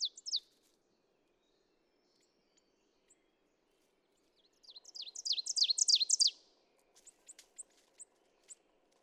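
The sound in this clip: Ovenbird singing a quick series of high doubled phrases that swell in loudness and then stop abruptly, followed by several thin separate notes.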